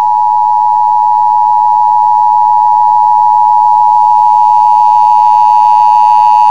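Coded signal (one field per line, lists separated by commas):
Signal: Emergency Alert System (SAME) tones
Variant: 853 and 960 Hz attention tone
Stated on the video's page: Severe thunderstorm warning aired on a local AM/FM radio station in Washington.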